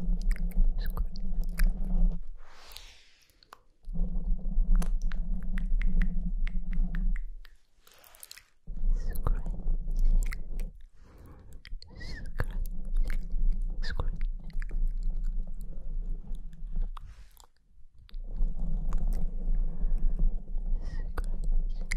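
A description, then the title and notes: Tingly mouth sounds: wet clicks, smacks and chewing-like crackles over a steady low hum, broken by several brief silent pauses. TINGLY MOUTH SOUNDS ASMR.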